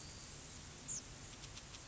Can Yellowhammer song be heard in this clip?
no